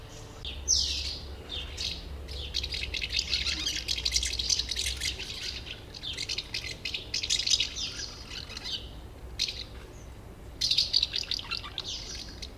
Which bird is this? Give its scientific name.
Delichon urbicum